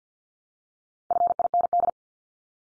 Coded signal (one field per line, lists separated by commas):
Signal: Morse code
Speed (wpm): 50 wpm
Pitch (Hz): 700 Hz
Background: none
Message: FIND